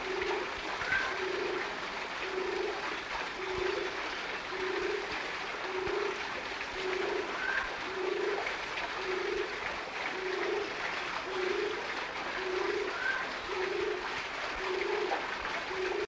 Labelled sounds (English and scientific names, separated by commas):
Cream-breasted Fruit Dove (Ptilinopus merrilli) call